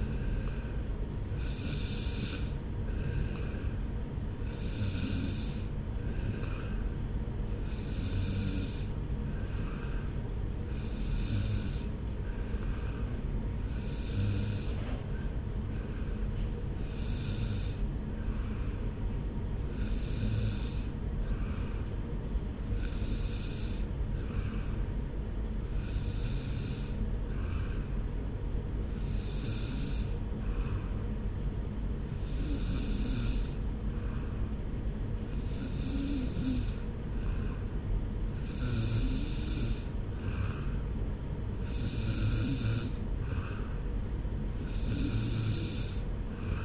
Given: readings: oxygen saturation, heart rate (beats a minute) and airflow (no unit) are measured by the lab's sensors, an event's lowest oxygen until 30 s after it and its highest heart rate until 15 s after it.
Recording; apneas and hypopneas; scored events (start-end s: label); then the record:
breathing in sleep by a smartphone at the bedside; none
none scored
From the record:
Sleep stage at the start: N2 (light sleep); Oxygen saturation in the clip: 93%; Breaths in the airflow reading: 15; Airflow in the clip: -1.3 to 1.3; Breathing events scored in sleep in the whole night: 335 in 6.7 hours asleep